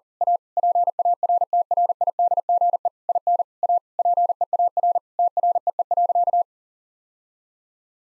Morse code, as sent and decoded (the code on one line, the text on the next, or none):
.- / .--. .- .-. - .-. .. -.. --. . / .. -. / .- / .--. . .- .-. / - .-. . . .-.-.-
A PARTRIDGE IN A PEAR TREE.